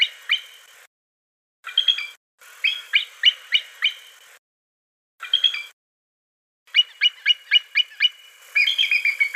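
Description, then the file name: Bald eagle: several short bursts of high piping notes, ending in a rapid string of sharp chirps and further twittering. "suara burung elang bald. omkicau"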